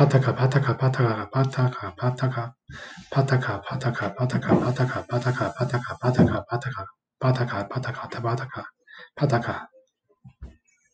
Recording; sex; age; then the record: repeated syllables /pa ta ka/; male; 30 to 39 years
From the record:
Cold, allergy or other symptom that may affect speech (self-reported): no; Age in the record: 34 years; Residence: Hawaii, United States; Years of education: 12